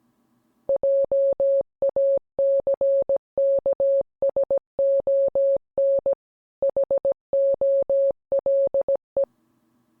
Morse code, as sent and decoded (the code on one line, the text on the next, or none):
.--- .- -.-. -.- ... --- -. / .... --- .-.. .
JACKSON HOLE